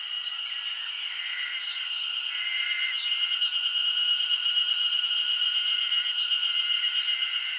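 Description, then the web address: Shrill insect drone runs throughout while lower tonal phrases come and go irregularly, with a few faint clicks and a slight rise in loudness midway. Summer insect ambience recorded in Japan. "Sound Effects-Foundation 1 AMBIENCE JAPANESE SUMMER INSECTS 01"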